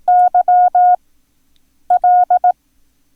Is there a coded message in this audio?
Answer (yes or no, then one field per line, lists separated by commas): yes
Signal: Morse code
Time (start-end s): 0.1-2.5 s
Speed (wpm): 18 wpm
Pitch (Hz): 720 Hz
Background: none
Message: YL